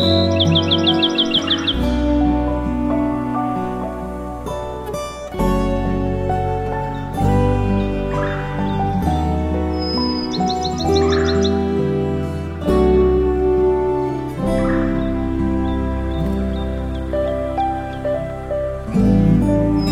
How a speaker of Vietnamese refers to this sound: Các loài chim quý cất giọng hót líu lo, thánh thót, hát cho mỏm đá nghe những bài hát hay nhất của loài chim.